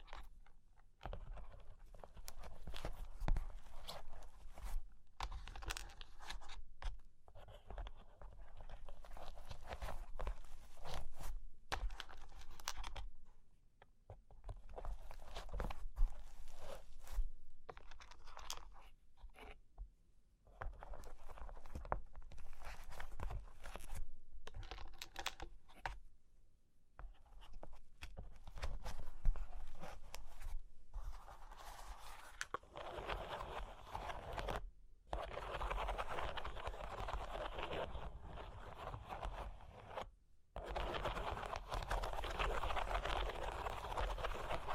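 Cork and wood being tapped, scratched and traced, a dense run of dry, crunchy contact sounds with brief silent gaps throughout. Scratchy passages alternate with quick clusters of taps, and after about 32 seconds the rubbing grows brighter and fuller.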